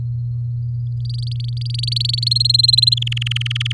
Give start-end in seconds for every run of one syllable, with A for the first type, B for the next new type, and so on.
1.05-2.29 A, 2.31-2.94 B, 2.97-3.72 C